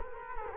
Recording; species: mosquito wingbeat signal from an infrared sensor; Culex quinquefasciatus